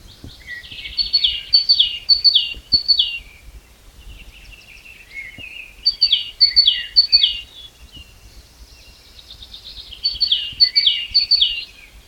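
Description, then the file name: Great tit song in three bouts of sharp, high descending notes, with softer twittering between them and a few faint clicks. "Parus major"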